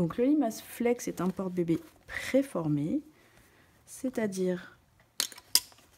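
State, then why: Seated. Someone talks, then the plastic buckle on the waist belt of a Limas Flex preformed baby carrier is pushed into its receiving half. Two loud, sharp clicks come at 5.2 s and 5.5 s as the belt buckle clips shut.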